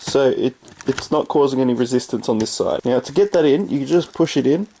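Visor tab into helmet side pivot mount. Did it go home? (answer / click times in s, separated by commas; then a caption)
no / none. Someone talks while handling the plastic visor of a 2018 Aldi Torque motorcycle helmet, pushing the visor's side tab back into the helmet's side pivot mount. The tab had not been inserted correctly, with its bottom lip sitting above where it should, so it gave no resistance on that side. Only faint handling noise is heard under the talking, and nothing has seated or clicked yet.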